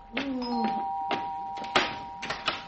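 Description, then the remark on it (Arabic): A doorbell at the front door chimes with a steady sustained tone. Over it come several short, sharp knocks or clicks at irregular intervals, and faint scattered voices sit underneath. “طب قومي يا ستي، قومي شوفي الباب.”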